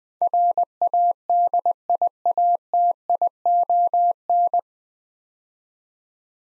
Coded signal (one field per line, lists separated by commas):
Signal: Morse code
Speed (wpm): 21 wpm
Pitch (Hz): 700 Hz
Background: none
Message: RADIATION